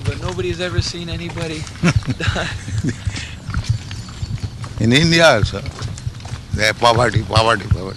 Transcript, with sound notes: But nobody has ever seen anybody die.
[chuckles] In India also. They, "Poverty, poverty, poverty."